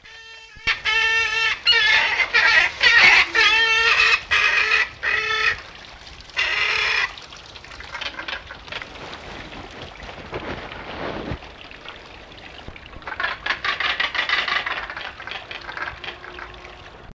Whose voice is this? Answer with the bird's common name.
Crested Caracara